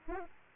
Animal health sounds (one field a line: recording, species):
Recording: mosquito wingbeat signal from an infrared sensor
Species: Aedes albopictus